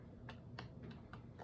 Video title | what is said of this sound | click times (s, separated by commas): HOW TO PUT DOGS ON A CHEAP CHINESE TOP HANDLE CHAINSAW / Roger Waldman REVIEWS/CAN'T BE THAT HARD ! | this screwdriver is stripping | 0.3 s, 0.6 s, 1.1 s